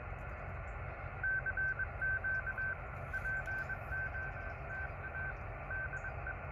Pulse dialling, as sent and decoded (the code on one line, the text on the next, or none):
none